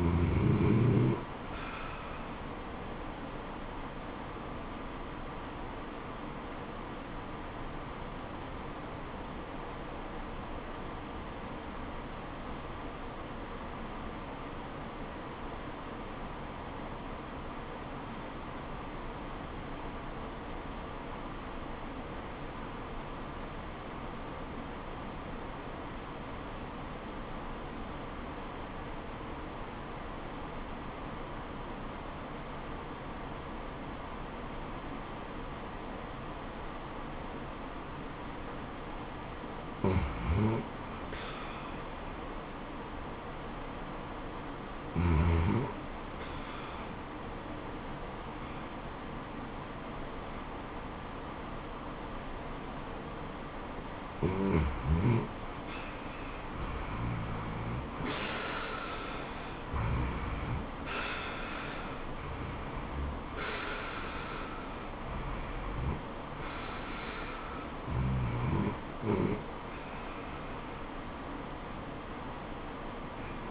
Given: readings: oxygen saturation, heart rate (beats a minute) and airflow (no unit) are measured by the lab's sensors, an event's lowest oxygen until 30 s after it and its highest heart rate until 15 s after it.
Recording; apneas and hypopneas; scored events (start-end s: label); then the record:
breathing in sleep by a voice recorder at the bedside; 1
6.00-41.50 s: obstructive apnea (REM, oxygen 94% highest, then 76% lowest, heart rate 70 at the start, 93 highest)
From the record:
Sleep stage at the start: REM sleep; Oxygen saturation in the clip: 76 to 94%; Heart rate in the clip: 66 to 93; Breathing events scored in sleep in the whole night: 426 in 7.4 hours asleep